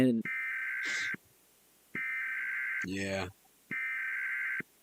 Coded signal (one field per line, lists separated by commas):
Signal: Emergency Alert System (SAME) tones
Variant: header bursts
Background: speech